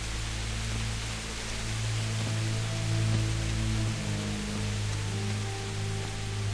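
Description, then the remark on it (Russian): Steady, even hiss of rain that has only just begun, filling the whole stretch without letting up, over a low droning hum with a few faint tonal lines. No one speaks. “Не, так дождь, смотри, дождь он только начался.”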